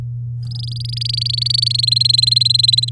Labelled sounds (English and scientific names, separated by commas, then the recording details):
Domestic Canary (Serinus canaria) song
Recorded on 7 May 2018 at 10:32
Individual llb16